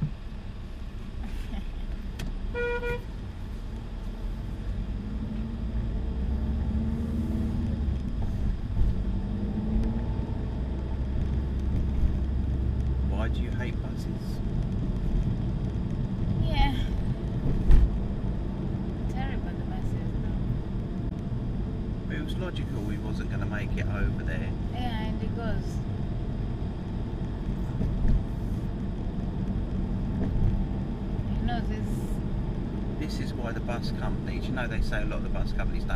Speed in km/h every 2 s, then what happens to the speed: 8, 10, 11, 23, 26, 35, 34, 34, 39, 40, 39, 37, 37, 37, 39, 42, 44, 45.
0-16 speeds up to 39. 16-27 steady at about 37. 27-31 speeds up to 44.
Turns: none.